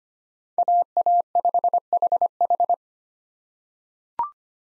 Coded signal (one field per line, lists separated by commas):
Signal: Morse code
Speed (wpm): 25 wpm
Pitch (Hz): 700 Hz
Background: none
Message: AA5HH